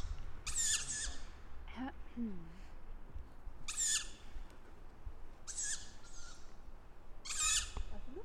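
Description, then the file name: Tawny owl giving four harsh, hissing screeches at uneven intervals, with a few quieter squeaky notes between them. "waldkauz"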